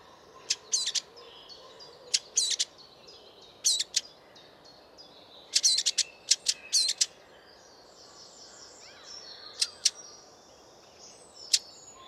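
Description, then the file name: Eurasian blackcap repeating sharp tac clicks, often doubled or in clusters of three, every second or two, then fewer toward the end. "Sylvia atricapilla"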